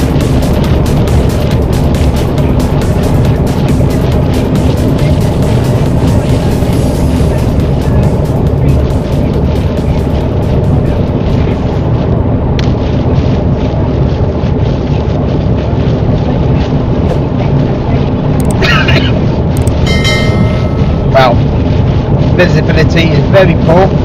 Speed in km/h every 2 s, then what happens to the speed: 89, 89, 90, 89, 87, 89, 87, 89, 92, 92, 92, 90.
0-24 steady at about 89.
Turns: none.